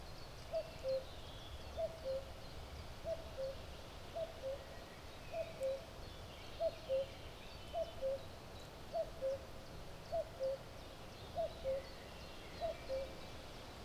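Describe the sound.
Common cuckoo repeating its soft descending two-note call about eleven times at an even pace, roughly every 1.2 seconds, over low outdoor noise.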